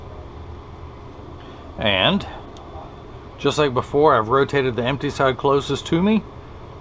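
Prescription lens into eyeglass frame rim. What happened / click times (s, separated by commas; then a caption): Handled, not yet home: the lens has not snapped into the frame / none. An edged plastic Rx Transitions 7 Gray prescription lens is handled beside the empty side of the metal frame rim of a Ray-Ban 5287, rotated closest to the wearer's side, before it is tucked in. Someone talks over a low steady background hum, with a faint short tick at about 2.6 s. Nothing has seated or clicked into the frame yet.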